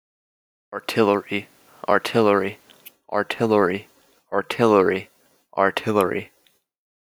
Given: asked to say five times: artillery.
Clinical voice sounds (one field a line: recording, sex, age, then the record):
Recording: repeated word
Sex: male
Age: 18 to 19 years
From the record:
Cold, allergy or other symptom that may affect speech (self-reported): no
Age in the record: 19 years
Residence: North Carolina, United States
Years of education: 12